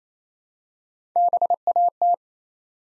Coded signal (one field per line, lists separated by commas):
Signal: Morse code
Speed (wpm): 28 wpm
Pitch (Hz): 700 Hz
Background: none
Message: BAT